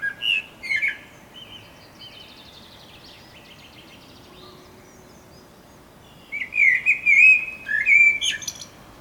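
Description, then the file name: Eurasian blackbird with short squeaky whistled notes at the start, a quiet gap with faint song, then a burst of fluty warbling and high chirps. "Turdus merula"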